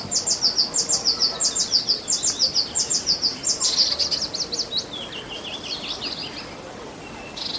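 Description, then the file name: Eurasian blue tit: rapid series of high doubled notes, shifting midway into a faster trill and lower wavering notes, against a hissy background. "Cyanistes caeruleus"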